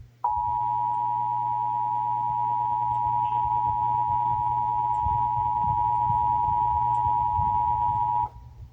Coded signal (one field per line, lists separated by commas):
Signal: Emergency Alert System (SAME) tones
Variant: 853 and 960 Hz attention tone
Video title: (EAS #752-757) November 2024 Texas Required Monthly Test